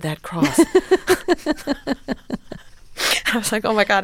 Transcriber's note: laughter